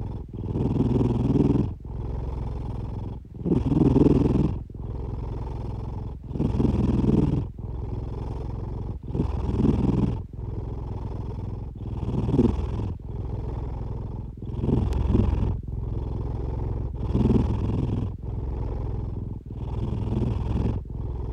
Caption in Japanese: ねこの日常 お兄ちゃん(ネコ)のイビキ。 お兄ちゃんのイビキです！ キジトラ猫を想像しながらお聞き下さい♪。